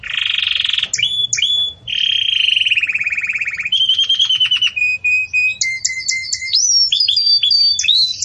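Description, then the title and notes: Belgian canary singing a varied song: a long buzzy note, steady rattling trills, then clear whistled notes stepping up and down in pitch. Domestic Belgian canary, song style called campainha (bell), recorded for tutoring young canaries being raised. "Belíssimo Canto Do Canário Belga Campainha Para Encarte De Filhotes. CANARIO"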